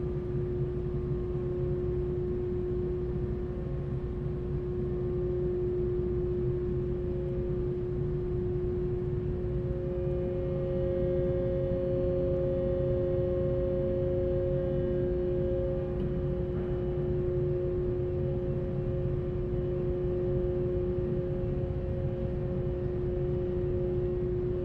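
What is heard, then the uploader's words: A ferry's car deck hums with a steady, dense low engine rumble and a strong, unwavering tone running throughout. Around ten seconds a second higher whine joins and holds, with a faint clank near seventeen seconds, as vehicles idle. Bainbridge Outbound Rear Car Deck Landing And Disembark Stereo. A days' worth of round-trips on the Seattle-Bainbridge Island Ferry, nearly all short fore-and-aft from then passenger and car decks.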